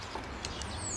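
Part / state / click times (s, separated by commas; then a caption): wiper blade into wiper arm / not seated / none. A 26-inch wiper blade for a Chevy Volt, from a set that is not a matched pair, is tipped into the wiper arm's hook rather than slid straight in. Faint light taps at about 0.2, 0.4 and 0.6 seconds sit over steady background noise, and a thin high tone rises near the end. Nothing has clicked or seated yet.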